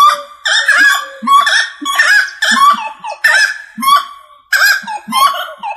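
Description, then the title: Rail giving loud nasal honks and cackles in a rapid, raucous, rhythmic series. "LuckyFamilia RallidaeFrangoSama"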